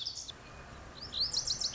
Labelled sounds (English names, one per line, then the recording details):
Lazuli Bunting
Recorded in Sonoma County, California